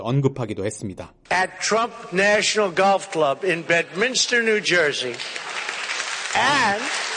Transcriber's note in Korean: 녹취: 트럼프 대통령 한국 국회 연설